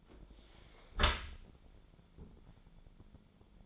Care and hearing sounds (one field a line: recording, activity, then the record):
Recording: daily activity, microphone in the room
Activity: close dishwasher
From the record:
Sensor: 5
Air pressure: 1015.1 hPa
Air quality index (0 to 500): 156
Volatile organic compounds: 4 ppm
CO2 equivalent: 1680 ppm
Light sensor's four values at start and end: 37/87/35/37 and 38/89/36/39